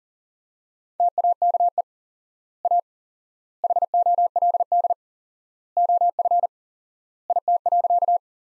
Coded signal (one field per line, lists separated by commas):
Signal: Morse code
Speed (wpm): 40 wpm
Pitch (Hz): 700 Hz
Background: none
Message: TAKE A HOLD OF IT.